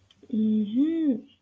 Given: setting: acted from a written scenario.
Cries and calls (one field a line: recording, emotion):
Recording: vocal sound without words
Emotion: realization